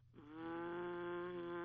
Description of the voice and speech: It's a communication disorder in which the flow of speech is broken in several ways. or a prolongation of a sound such as this. So any of those things can be described as stuttering.